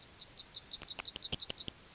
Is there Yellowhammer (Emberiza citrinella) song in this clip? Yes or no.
yes